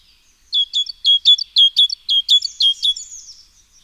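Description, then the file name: Great tit with a brisk series of clear, high chirping notes, evenly repeated, fading out at the end. "Parus major"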